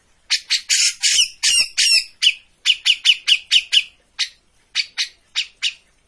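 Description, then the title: Grey-cheeked bulbul song: quick scratchy notes, then a steady series of clear repeated chirps slowing toward the end. Bird-training master of a bird in full, energetic song (gacor). "Cucak Jenggot Gacor. Masteran burung cucak jenggot ! Suaka burung"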